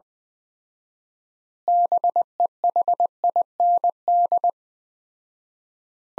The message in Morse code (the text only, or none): BEHIND